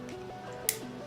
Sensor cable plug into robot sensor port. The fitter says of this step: We connect them like this until you hear a click.